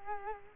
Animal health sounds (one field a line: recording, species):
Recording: mosquito wingbeat signal from an infrared sensor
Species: Culex quinquefasciatus